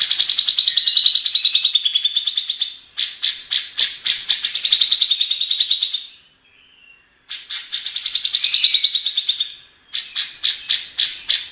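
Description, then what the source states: Grey-cheeked bulbul song alternates long, slightly falling buzzy trills with fast runs of rasping notes, with a short silence midway. Long-duration master song used to train birds.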